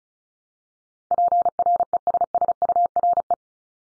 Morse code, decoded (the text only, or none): PRESSURE